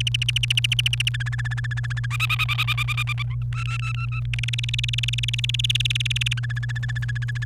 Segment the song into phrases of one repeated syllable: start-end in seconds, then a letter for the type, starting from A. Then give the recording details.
0.00-1.09 A, 1.14-2.06 B, 2.10-3.35 C, 3.53-4.20 D, 4.33-6.33 E, 6.37-7.44 B. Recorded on 29 April 2018 at 09:07. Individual llb3